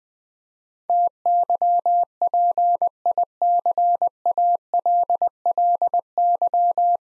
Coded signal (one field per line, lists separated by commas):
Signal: Morse code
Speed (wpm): 20 wpm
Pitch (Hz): 700 Hz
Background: none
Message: TYPICALLY